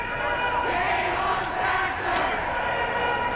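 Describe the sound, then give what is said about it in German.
Protesters led by artist Nan Goldin shout and chant together against the Sackler family in the temple hall of a museum, a loud, dense wall of overlapping voices that stays steady throughout, with no single voice standing out. “Plötzlich wird es laut in der Tempelhalle.”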